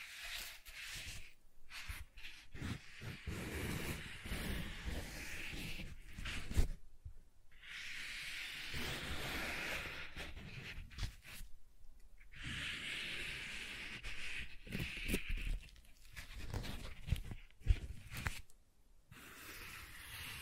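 Soft tracing across smooth and rough surfaces, a continuous airy rubbing with a bright hiss and brief scratchy bursts. The strokes swell and fade irregularly, broken by short near-silent pauses around 7, 12, 17 and 19 seconds, with a few sharper taps.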